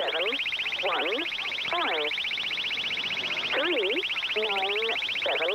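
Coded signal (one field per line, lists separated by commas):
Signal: numbers station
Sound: voice reading digits seven, one, five, three, nine, seven under a warbling jamming tone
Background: radio jamming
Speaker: sometimes these transmissions are jammed by folks with no appreciation whatsoever for a good batch of numbers.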